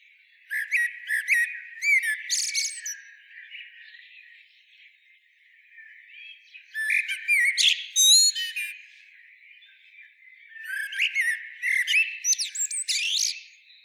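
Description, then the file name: Common blackbird delivering three song phrases roughly five seconds apart: fluty warbling notes capped by shrill, scratchy twitters, with faint background chatter between. "Turdus merula"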